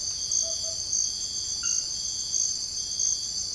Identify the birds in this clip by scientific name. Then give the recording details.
none. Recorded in dense forest near Puerto Asís, Putumayo, Colombia, on 19 February 2024 at 05:00. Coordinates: 0.487, -76.319. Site G6403